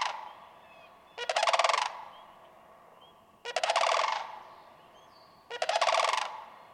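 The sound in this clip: Sandhill crane rolling, rattled bugles, three full calls about two seconds apart, with light chirping of small birds in the gaps.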